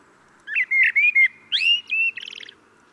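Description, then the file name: Common blackbird song: a phrase of mellow, fluted warbling whistles ending in a fast, high, buzzy twitter, lasting about two seconds. "Turdus merula"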